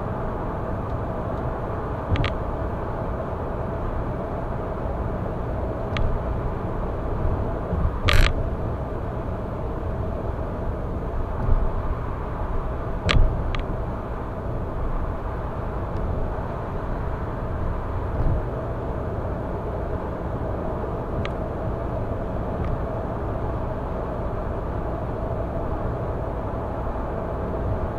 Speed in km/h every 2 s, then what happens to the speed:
109, 108, 108, 108, 106, 106, 107, 107, 106, 105, 106, 106, 106, 106.
0-28 steady at about 106.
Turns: none.